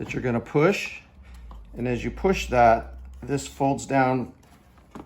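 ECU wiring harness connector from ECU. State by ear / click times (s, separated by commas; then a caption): released / 5.0 s. Someone talks while the button on the ECU wiring harness connector is pushed and the locking lever folds down off the ECU. The lever clicks at about 5.0 s, releasing the connector.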